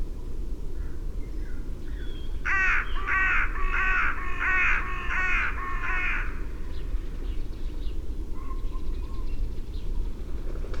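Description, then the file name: Carrion crow delivering a rapid, loud run of several hoarse caws over a persistent low rumble. "Corvus corone"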